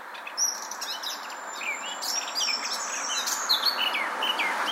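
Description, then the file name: Eurasian blackcap song, varied rapid warbling with fluty notes over a steady background hiss. "Sylvia atricapilla"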